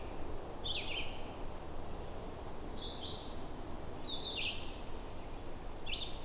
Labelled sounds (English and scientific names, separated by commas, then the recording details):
Red-eyed Vireo (Vireo olivaceus) song
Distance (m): 10 m
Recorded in boreal forest in Alberta, Canada, on 21 June 2016 at 08:23
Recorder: SongMeter 3, array SBT-6-76
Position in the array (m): 180 m, 87 m